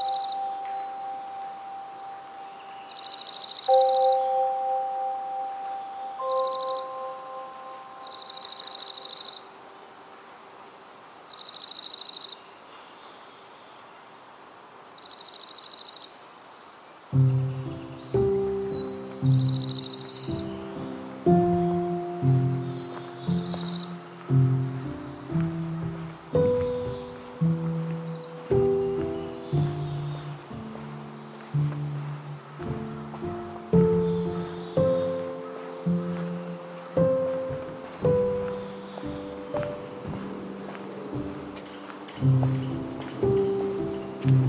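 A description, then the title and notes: A quiet forest setting opens with a bird calling at a steady pace, a short bright note roughly every two seconds over a few soft, held tones. At about seventeen seconds, dense plucked, ringing low notes begin and continue in a regular rhythm. Upper Macleay section of Forest Park, Portland, Oregon.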